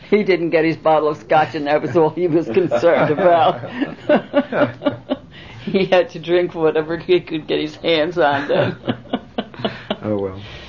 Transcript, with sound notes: He didn't get his bottle of Scotch, and that was all he was concerned about. ( they laugh ) He had to drink whatever he could get his hands on then. ( they laugh )
Oh, well.